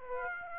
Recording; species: mosquito wingbeat signal from an infrared sensor; Aedes aegypti